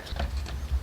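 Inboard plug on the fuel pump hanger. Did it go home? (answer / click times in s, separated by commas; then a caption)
yes / 0.2 s. The inboard plastic connector on the fuel pump hanger assembly of a Walbro 450 fuel pump for an Evo X / RA is plugged in. A short, sharp click at 0.2 s shows it seating into place, over a steady low background hum.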